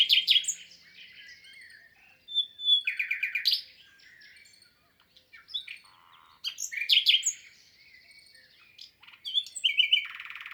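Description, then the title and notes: Common nightingale pouring out varied loud phrases, fast repeated notes and whistles, separated by short silent gaps. Singing in spring, 22 April 2020, Lesches-en-Diois, France; third recording since the birds' arrival, amid human silence; Nagra Seven with MKH8040 stereo. "LE TÉNOR DES LISIÈRES. 22 avril 2020-Lesches en diois. chant du Rossignol Philomène (Luscinia megarhynchos)"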